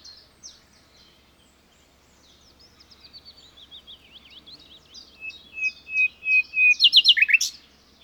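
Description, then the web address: Common nightingale starting with quiet ticking notes that swell into clear piping whistles and end in a loud rapid flourish. "SETE data Luscinia megarhynchos"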